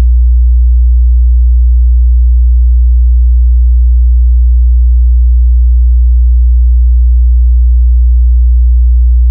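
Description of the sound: A steady, very low pure tone, a deep hum near 60 Hz, holds at constant loudness for about nine seconds. It is a synthetic test tone used for tinnitus determination, matching the pitch of one's tinnitus.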